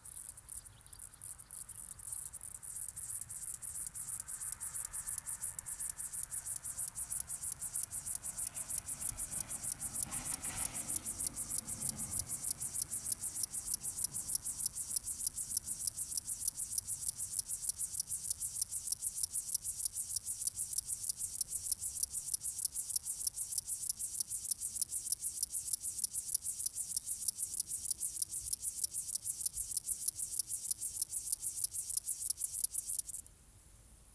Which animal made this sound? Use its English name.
Upland Field Grasshopper